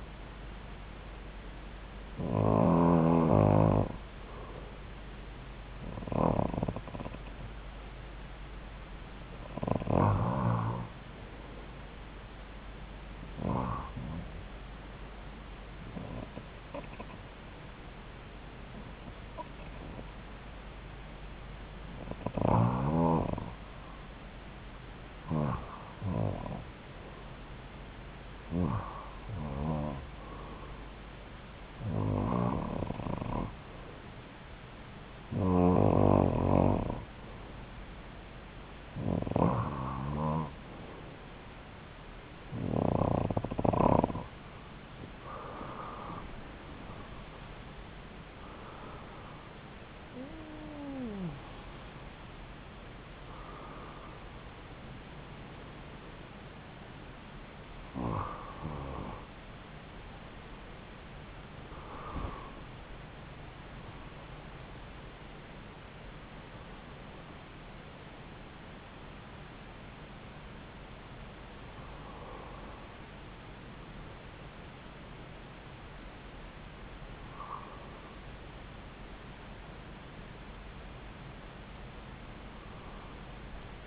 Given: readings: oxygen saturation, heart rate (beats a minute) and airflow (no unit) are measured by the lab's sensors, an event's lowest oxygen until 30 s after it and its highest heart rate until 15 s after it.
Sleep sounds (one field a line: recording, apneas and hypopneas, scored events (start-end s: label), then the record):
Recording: breathing in sleep by a voice recorder at the bedside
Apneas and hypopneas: none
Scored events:
none scored
From the record:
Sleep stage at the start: REM sleep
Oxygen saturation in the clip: 91 to 96%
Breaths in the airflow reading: 22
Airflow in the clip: -8.2 to 7.8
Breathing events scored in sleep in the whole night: 270 in 6.1 hours asleep